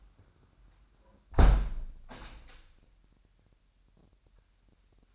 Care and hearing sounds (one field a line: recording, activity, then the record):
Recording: daily activity, microphone in the room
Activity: close window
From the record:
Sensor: 2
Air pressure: 998.0 hPa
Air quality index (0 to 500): 147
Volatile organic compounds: 4 ppm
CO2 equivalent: 1658 ppm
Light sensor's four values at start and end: 10/29/12/11 and 10/29/12/11